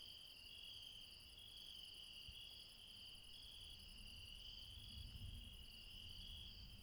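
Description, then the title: Insects chirping steadily, several high shimmering trills overlapping without pause, over a low rumble of background noise. Late night in the mountains at Refuge Krevatia, Barbala, Dion, Greece. "Refuge Krevatia, Μπαρμπαλά, Dion 601 00, Greece - Late night mountain insects"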